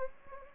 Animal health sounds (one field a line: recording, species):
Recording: mosquito wingbeat signal from an infrared sensor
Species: Anopheles gambiae